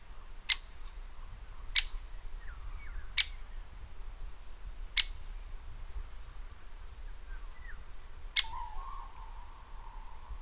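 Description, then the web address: Great spotted woodpecker call: five sharp, emphatic 'kik' notes at uneven intervals. "Vogellehrpfad Buntspecht"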